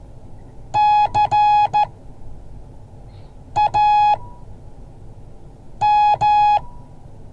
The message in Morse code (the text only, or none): CAM